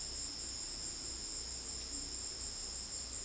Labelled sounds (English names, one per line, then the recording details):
none
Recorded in dense forest near Puerto Asís, Putumayo, Colombia, on 19 February 2024 at 16:00
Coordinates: 0.481, -76.318
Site G6421